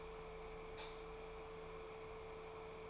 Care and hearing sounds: daily activity, microphone in the room; light off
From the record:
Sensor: 1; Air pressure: 1014.8 hPa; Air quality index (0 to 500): 185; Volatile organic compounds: 18 ppm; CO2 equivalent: 2624 ppm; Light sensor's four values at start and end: 38/101/42/50 and 35/87/37/45

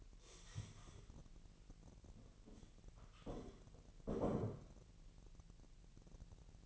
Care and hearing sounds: daily activity, microphone in the room; stand up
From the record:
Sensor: 4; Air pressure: 1002.7 hPa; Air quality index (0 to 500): 249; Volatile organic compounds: 30 ppm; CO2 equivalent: 2951 ppm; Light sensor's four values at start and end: 10/22/9/9 and 10/22/9/9

